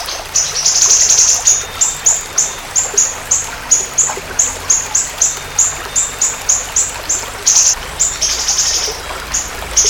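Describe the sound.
Siri-siri bird delivering a long string of piercing high chirps at a quick, steady pace, with occasional buzzy, rattling notes mixed in.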